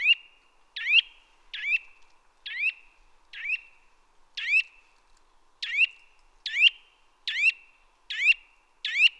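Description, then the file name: Eurasian nuthatch call series: about eleven loud, rising whistled notes with short flat tails. "Sitta europaea"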